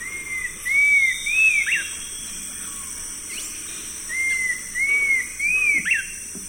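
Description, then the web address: Cinnamon attila song: two phrases of three clear, arched whistled notes, over a steady high hiss. Eastern lowlands of South America. "Natures Songs S America Eastern Lowlands. Cinnamon Attila"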